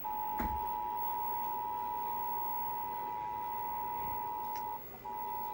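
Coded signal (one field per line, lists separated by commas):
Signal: Emergency Alert System (SAME) tones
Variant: 853 and 960 Hz attention tone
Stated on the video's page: Required monthly test received on an orange RadioShack radio tuned to the wrong station; includes tests from KOPB, a glitchy KATU test, and KQAC 89.9 FM.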